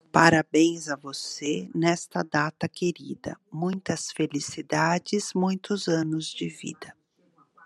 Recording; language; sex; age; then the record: short text; Brazilian Portuguese; female; 60 to 69 years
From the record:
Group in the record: control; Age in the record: 60 years